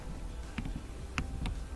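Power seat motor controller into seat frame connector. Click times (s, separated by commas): 1.2 s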